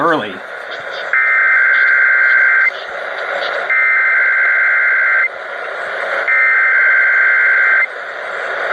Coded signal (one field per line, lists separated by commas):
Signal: Emergency Alert System (SAME) tones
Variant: header bursts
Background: speech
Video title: SNOW AND TESTS. | EAS Alerts from February 2021 (EAS #806-815)